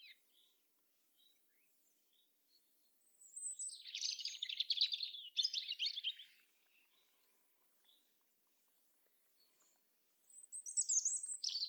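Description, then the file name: European robin singing thin, high notes, then a long rich warbling phrase of rapid trills and slurs, a pause of scattered faint notes, and another sweet phrase. "Erithacus rubecula"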